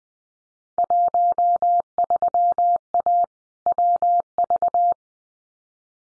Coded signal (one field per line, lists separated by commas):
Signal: Morse code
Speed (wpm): 20 wpm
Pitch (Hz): 700 Hz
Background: none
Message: 13A WV